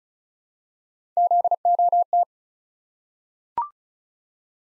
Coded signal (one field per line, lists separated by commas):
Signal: Morse code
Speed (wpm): 36 wpm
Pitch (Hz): 700 Hz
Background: none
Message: ZOT